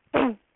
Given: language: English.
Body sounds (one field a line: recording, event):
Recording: throat vibration sensor signal played as sound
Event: throat clearing